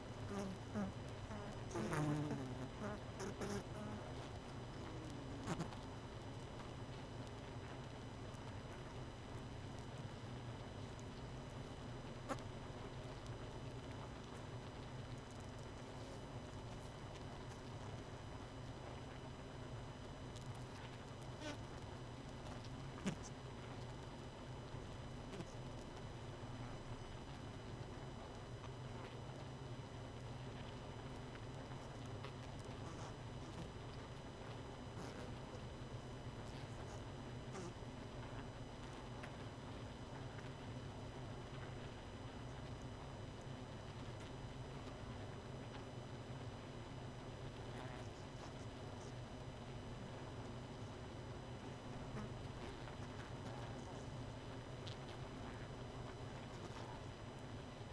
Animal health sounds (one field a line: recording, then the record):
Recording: honeybee colony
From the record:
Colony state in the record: missing queen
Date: 31 May 2018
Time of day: 22:11